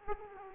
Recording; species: mosquito wingbeat signal from an infrared sensor; Aedes aegypti